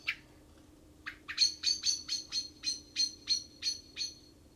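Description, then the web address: Common blackbird giving one sharp note, then a long regular series of loud metallic chinks, evenly spaced, with a faint low hum underneath. "SETE data Turdus merula"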